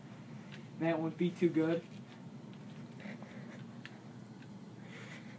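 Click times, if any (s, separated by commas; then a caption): 3.8 s. Someone talks briefly as an arrow is pushed back along the rail of a Parker Challenger crossbow. A sharp click at 3.9 s marks the arrow nock seating against the string latch, and the arrow is in all the way.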